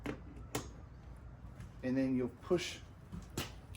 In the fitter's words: when you go to put it on you make sure it's in the unlocked position you'll slide it till you hear the audible click